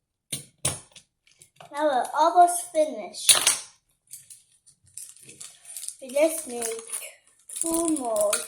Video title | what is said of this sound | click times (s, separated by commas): @discovery Solar Powered T-Rex Build | Snap into place. | 0.6 s